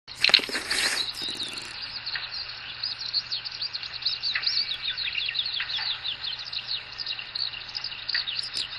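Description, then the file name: Eurasian skylark: a loud rustling clatter opens, then a skylark pours out a continuous high, rippling warble of quick slurred notes for the rest. Recorded 2 May 2014. "ヒバリ 140502 遠藤"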